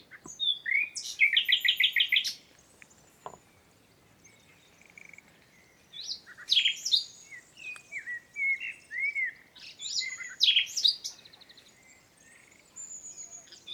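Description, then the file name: Common nightingale singing several phrases: a rapid rattling series of repeated notes, a pause, then varied whistles, chuckles and slurred notes in quick succession. "Luscinia megarhynchos"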